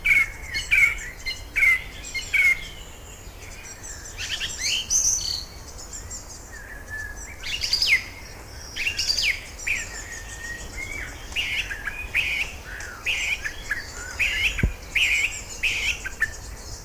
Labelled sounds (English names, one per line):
Song Thrush song